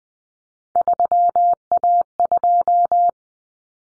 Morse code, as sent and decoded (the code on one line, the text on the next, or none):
...-- .- ..---
3A2